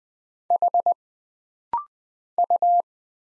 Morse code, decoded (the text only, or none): H U